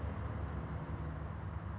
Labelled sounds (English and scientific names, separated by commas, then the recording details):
California Towhee (Melozone crissalis)
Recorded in Sonoma County, California